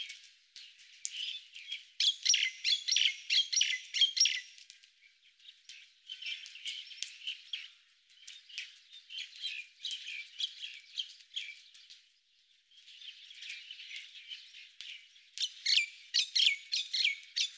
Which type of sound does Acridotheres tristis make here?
song